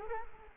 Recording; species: mosquito wingbeat signal from an infrared sensor; Culex quinquefasciatus